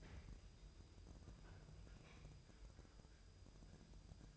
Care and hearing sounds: daily activity, microphone in the room; open fridge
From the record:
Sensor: 2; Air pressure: 988.3 hPa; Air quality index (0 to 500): 192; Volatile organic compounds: 194 ppm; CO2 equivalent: 4192 ppm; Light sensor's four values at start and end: 21/71/27/26 and 21/71/27/26

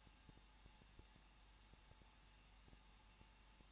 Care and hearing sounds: daily activity, microphone in the room; no activity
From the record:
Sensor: 1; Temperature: 20.1 degrees Celsius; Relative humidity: 39.1%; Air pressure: 1006.5 hPa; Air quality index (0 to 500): 216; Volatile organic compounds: 73 ppm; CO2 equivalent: 3542 ppm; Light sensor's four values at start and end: 1/2/1/1 and 1/2/1/1

